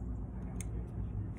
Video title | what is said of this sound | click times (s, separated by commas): Glock 17 basic disassemble and cleaning | now you wanna give it a little tension spring it down until it clicks right here | 0.6 s